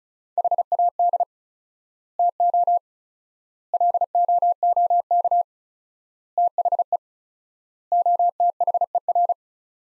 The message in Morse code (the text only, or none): HAD TO LOOK THE OTHER